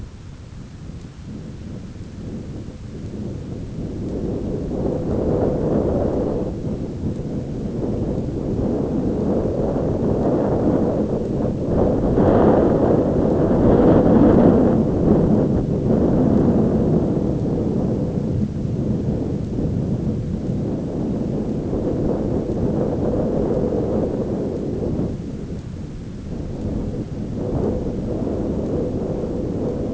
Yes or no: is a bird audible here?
no